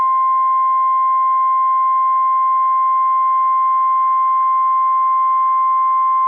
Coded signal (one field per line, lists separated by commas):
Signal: Emergency Alert System (SAME) tones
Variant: 1050 Hz attention tone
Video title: FROM SEBRING TO SALEM.. | EAS Alerts from 3/15-3/28/23 (EAS #816 - 826)